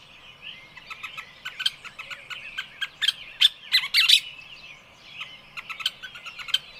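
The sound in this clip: Birdsong chorus of quick, high chirps and twittering notes. The notes cluster into louder bursts around the middle, over continuous softer twittering.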